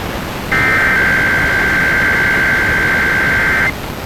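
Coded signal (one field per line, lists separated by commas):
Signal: Emergency Alert System (SAME) tones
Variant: header bursts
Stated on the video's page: Weekly IPAWS test as broadcast by an FM radio station.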